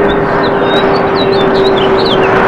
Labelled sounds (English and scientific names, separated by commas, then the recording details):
House Finch (Haemorhous mexicanus) song
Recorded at Roslyn Harbor on Long Island, New York, on 22 May 2013
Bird C